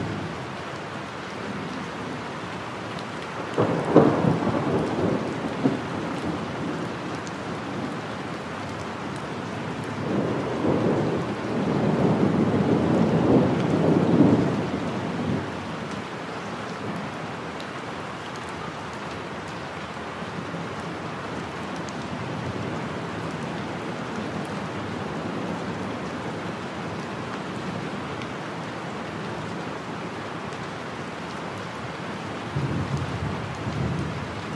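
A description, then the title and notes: Steady rain patters on leaves while low thunder rumbles swell around four, eleven to fifteen, and thirty-three seconds, the middle roll loudest. Rain in the Forest. During storms, the high-frequency sprinkle of rainfall combines with the low rumbling of thunder. The sounds of a thunderstorm in the forest. Thunder and the sound of rain hitting green leaves.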